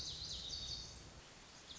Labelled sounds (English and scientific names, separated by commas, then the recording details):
Lazuli Bunting (Passerina amoena)
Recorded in Sonoma County, California